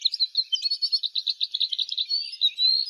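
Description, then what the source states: Red crossbill calls, a rapid chattering series of high, sharp chipping notes run together, continuing throughout without a break. Slovenia.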